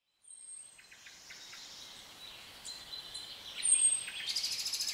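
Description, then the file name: Birds giving thin high whistles and soft chirps, faint at first and building toward a louder trilled burst near the end. British birds. "Birds Atmosphere - Nature Sounds - British Birds"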